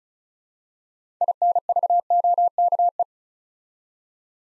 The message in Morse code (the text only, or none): INVOKE